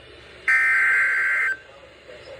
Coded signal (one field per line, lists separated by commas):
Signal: Emergency Alert System (SAME) tones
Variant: header bursts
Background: speech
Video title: EAS #59 (SVR)